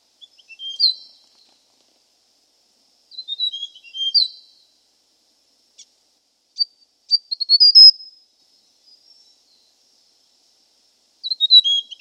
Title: prenjk gnung. Suara burung prenjak gunung